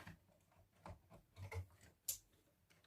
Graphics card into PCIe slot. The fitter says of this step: and you just pressed on until you hear like it clicks